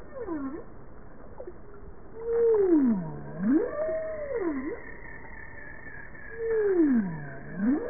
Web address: JASA 2013 Blue Bowhead Fin Humpback Southern Right Whale bowhead